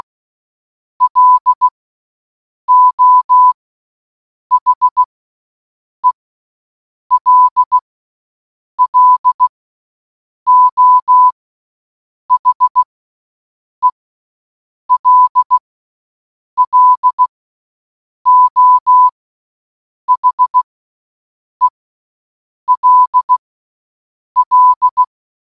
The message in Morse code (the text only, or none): LO HELLO HELLO HELL